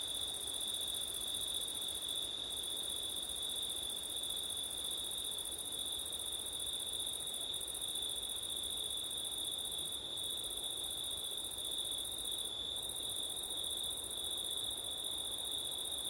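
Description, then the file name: Cricket chorus holding one continuous high-pitched trill throughout, with a faint airy rush of wind below. Crickets on a windy September night; ORTF stereo. "crickets wind september night ortif"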